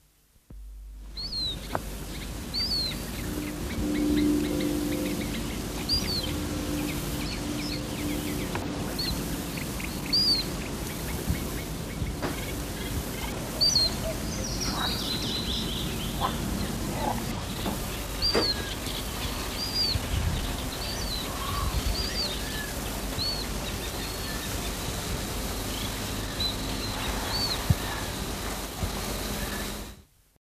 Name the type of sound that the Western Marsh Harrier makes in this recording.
call